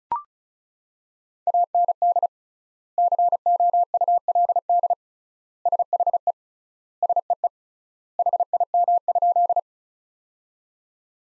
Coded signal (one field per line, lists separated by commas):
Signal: Morse code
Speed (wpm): 36 wpm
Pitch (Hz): 700 Hz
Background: none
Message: AND COULD SHE SEE HIM?